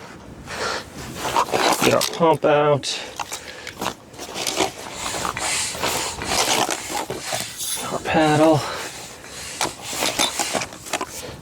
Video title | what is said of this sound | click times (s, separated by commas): Paddle Board unboxing and FUN at the river | like how this snaps into place there | 10.9 s